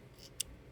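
The plastic forearm of a Transformers Legacy Autobot Skids transforming robot toy is pushed onto its tab while the arm is pulled down. A single short tick sounds at 0.4 s, with a faint hiss before it, as the forearm tab locks in and seats; tabs of this kind usually give no click, only a lock that can be felt.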